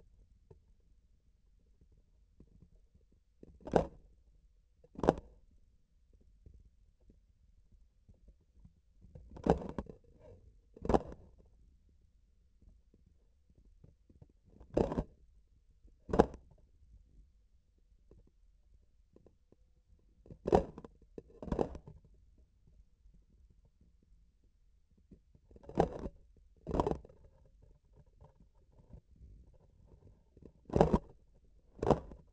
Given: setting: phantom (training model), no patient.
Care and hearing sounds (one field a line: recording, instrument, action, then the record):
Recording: laparoscopic instrument, vibration sensor on the handle end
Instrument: grasping forceps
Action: opening and closing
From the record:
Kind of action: tool actuation without material contact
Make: other than Olympus